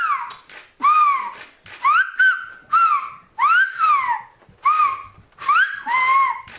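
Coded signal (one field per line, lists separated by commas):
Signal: whistled language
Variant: Aas Occitan whistled speech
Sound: a sequence of about seven clear, pitch-gliding whistled phrases, like a spoken sentence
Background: small room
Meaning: Paul brings the ball to Marco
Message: Paul porte le ballon à Marco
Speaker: Paul porte le ballon à Marco, et en français, au Paul porte le ballon à Marco.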